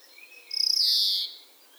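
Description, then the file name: European greenfinch with one nasal wheeze lasting under a second, opening in a quick stuttering rasp and then drawn out, buzzy and gently falling. "Chloris chloris"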